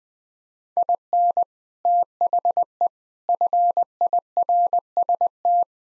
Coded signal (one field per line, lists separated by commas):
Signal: Morse code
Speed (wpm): 19 wpm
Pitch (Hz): 700 Hz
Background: none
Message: IN THE FIRST